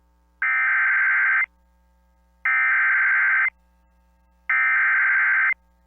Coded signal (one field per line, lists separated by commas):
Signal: Emergency Alert System (SAME) tones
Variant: header bursts